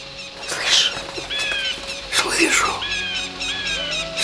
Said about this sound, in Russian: Слышите? Это они клювами стучат, цыплятки. Не выведу цыплянок, скажете? Нет, дорогие мои, выведу такие, что вы ахнете.